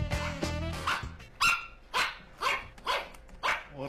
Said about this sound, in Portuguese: Cachorro pequeno. Cachorro pequeno. É um pug.